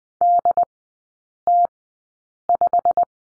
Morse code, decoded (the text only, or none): DT5